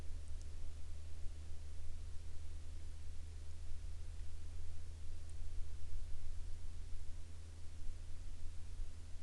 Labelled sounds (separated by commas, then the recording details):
rain
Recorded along the Dalton Highway, Alaska, on 9 May 2019 at 21:44
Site 10